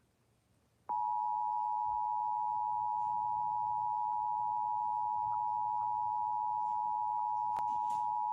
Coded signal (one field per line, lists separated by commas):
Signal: Emergency Alert System (SAME) tones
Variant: 853 and 960 Hz attention tone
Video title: EAS Fire Warning #7 3/14/25 (Credit Goes To @SouthernPennsylvaniaWX & @KanawhaCountyWX)